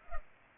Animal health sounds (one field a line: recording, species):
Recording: mosquito wingbeat signal from an infrared sensor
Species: Culex pipiens